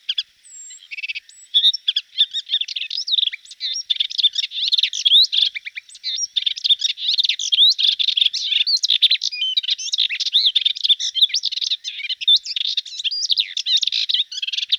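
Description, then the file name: Hippolais warbler singing a long, hurried, jumbled stream of high chattering and twittering notes, scratchy and varied, running without a break. "hypolais portrait mono"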